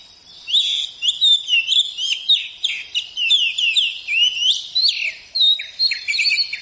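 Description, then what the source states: Oriental magpie-robin song: loud, fluent whistled phrases mixing rising slurs, chattering trills and sharp notes, repeated in quick, uneven bursts throughout. Champion-class songbird.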